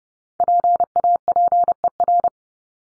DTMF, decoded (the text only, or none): none